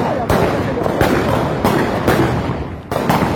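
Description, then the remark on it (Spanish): About five sharp gunshots, fired in the street by infantry from pickup trucks, crack out at irregular intervals, each a loud, abrupt bang over a constant, dense roar of background noise with faint voices mixed in. “Están las camionetas con infantería tirando unos tiros por la calle.”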